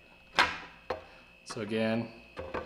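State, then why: Not seated. A folded wooden camping chair with embedded magnets is handled a second time, being pushed into place so the magnets can catch and lock the wooden parts together, repeating the demonstration after the magnets were said to hold really tight. Wooden knocks sound around 0.4 s and sharply at 0.9 s, someone talks briefly, and more knocks follow near 2.4–2.6 s. Nothing has seated or clicked home yet.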